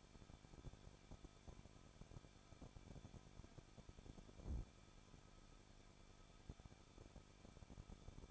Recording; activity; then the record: daily activity, microphone in the room; no activity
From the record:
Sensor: 5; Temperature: 20.8 degrees Celsius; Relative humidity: 38.4%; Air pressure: 1006.4 hPa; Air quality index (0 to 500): 189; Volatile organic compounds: 19 ppm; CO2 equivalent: 2668 ppm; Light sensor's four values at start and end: 2/3/1/1 and 2/3/1/1